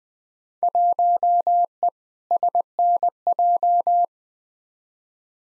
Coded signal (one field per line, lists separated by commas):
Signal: Morse code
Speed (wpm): 21 wpm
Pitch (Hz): 700 Hz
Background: none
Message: 1E SNJ